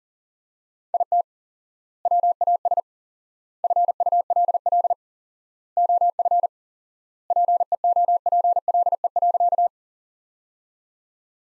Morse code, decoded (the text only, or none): IT WAS FULL OF PEOPLE.